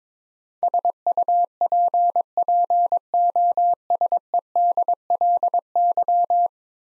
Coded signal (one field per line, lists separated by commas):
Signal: Morse code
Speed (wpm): 22 wpm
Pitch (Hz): 700 Hz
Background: none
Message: SUPPOSEDLY